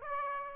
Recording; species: mosquito wingbeat signal from an infrared sensor; Aedes aegypti